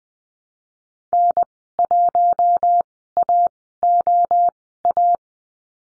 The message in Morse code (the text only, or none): N1AOA